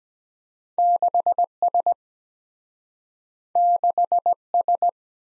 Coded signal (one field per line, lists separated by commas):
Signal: Morse code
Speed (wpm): 23 wpm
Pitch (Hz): 700 Hz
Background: none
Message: 6S 6S